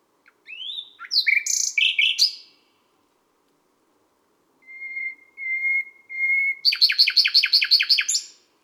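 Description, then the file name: Common nightingale singing a jumbled burst of high notes, a pause, then three level whistles leading into a fast, loud rattling trill. Sung at midnight at Les Salelles, Ardèche. "Rossignol-philomele-a-minuit-Les-Salelles-Ambiances-Sonores-d Ardeche-Studio-Les-Trois-Becs"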